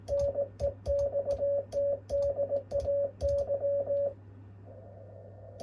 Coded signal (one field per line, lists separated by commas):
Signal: Morse code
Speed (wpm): 20 wpm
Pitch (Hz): 560 Hz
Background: none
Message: NEXT DAY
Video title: Qso avec Peter , sm0rrx. (Key cw g4zpy renovation)